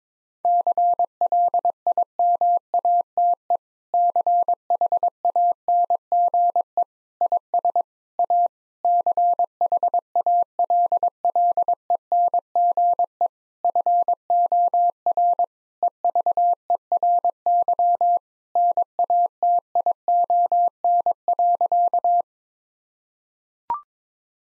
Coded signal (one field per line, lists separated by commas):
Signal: Morse code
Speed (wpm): 22 wpm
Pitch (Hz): 700 Hz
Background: none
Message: CLIMATE CHANGE IS A CHALLENGE FOR EVERY NATION.